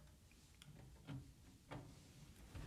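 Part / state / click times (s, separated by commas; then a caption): power supply connector into desktop computer motherboard / not seated / none. A plastic multi-pin power supply connector is handled and pushed toward a vintage desktop computer motherboard header, its clip lined up with the notch and two spare pins hanging off the side. Faint ticks and light handling noises are heard over a low background hum. Nothing has seated or clicked yet when the clip ends.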